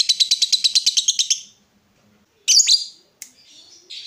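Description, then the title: Yellow-vented bulbul with a fast run of bright, clipped notes, a short pause, then a harsh buzzy burst and softer rasping notes. Used as a bird lure (pikat). "PIKAT TRUCUKAN"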